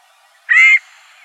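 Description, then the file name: Scaled quail giving a single nasal, buzzy call lasting about a third of a second, steady in pitch, against quiet background. Arizona, 16 June 2002. "SCALED QUAIL 3 deviche"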